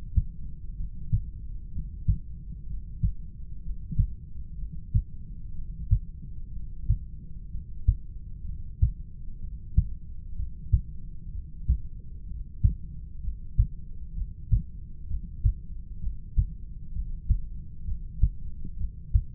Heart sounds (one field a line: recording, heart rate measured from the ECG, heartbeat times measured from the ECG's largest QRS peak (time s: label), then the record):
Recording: heart sounds by stethoscope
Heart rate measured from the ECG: 63 bpm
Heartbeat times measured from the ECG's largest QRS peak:
0.76 s: heartbeat
1.71 s: heartbeat
2.66 s: heartbeat
3.61 s: heartbeat
4.57 s: heartbeat
5.54 s: heartbeat
6.51 s: heartbeat
7.49 s: heartbeat
8.44 s: heartbeat
9.39 s: heartbeat
10.34 s: heartbeat
11.30 s: heartbeat
12.25 s: heartbeat
13.20 s: heartbeat
14.14 s: heartbeat
15.06 s: heartbeat
15.99 s: heartbeat
16.92 s: heartbeat
17.84 s: heartbeat
18.76 s: heartbeat
From the record:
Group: heart failure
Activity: breath hold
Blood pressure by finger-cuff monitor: 110/88 mmHg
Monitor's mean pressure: 92 mmHg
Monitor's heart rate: 64 bpm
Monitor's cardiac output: 5.8 L/min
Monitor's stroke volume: 91 mL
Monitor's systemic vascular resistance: 1150 dyn s/cm5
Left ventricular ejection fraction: 25%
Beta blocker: metoprolol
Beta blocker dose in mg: 62.5 twice daily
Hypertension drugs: ramipril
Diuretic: furosemide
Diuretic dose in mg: 40 twice daily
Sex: male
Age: 57 years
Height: 180 cm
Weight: 90.5 kg